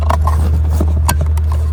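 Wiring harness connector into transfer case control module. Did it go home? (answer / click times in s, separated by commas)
yes / 1.1 s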